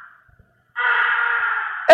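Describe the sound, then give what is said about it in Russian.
A single loud, drawn-out crow caw, harsh and raspy, lasting about a second after a brief faint sound and a short silence, then cutting off abruptly. “Е-е-е-ей, ворона!”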